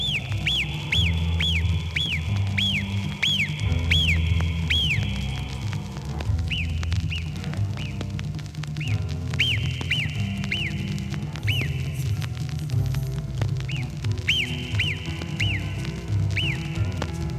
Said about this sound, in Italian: Nelle alte valli alpine fino al limite dei ghiacciai troviamo le marmotte dall'acutissimo fischio. È il loro segnale di allarme.